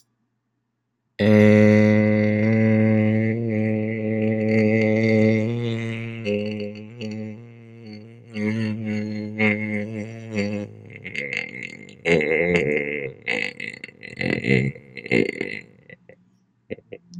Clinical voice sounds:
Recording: vowel held as long as possible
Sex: male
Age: 30 to 39 years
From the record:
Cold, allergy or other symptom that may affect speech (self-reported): no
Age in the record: 33 years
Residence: New York, United States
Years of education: 16

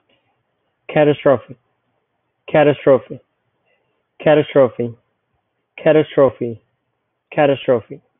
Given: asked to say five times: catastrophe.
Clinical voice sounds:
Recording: repeated word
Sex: male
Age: 20 to 29 years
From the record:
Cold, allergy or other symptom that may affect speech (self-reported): no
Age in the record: 23 years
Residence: South Carolina, United States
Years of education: 16

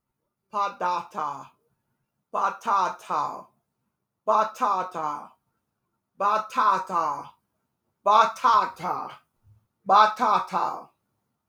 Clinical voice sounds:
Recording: repeated syllables /pa ta ka/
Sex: female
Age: 60 to 69 years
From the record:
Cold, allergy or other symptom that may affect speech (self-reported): no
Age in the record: 61 years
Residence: Alabama, United States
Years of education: 14

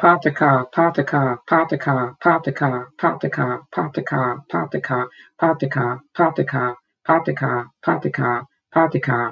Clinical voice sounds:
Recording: repeated syllables /pa ta ka/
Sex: female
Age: 50 to 59 years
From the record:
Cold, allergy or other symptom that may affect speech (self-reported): no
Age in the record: 57 years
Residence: Mississippi, United States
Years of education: 13

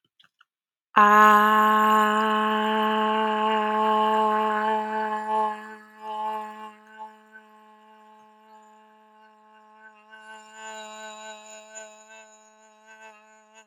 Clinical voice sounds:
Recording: vowel held as long as possible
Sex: female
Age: 20 to 29 years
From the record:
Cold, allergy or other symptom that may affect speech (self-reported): no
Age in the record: 26 years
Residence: Florida, United States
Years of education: 19

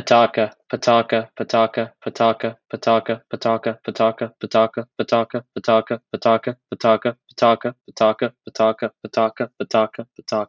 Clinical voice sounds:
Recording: repeated syllables /pa ta ka/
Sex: male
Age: 20 to 29 years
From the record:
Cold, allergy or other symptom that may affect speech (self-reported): no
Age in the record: 20 years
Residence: Texas, United States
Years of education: 16

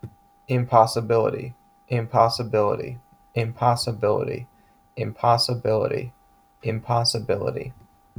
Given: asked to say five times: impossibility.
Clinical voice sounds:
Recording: repeated word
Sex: male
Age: 20 to 29 years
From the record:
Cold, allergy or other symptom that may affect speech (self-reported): no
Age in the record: 28 years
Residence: Pennsylvania, United States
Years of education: 16

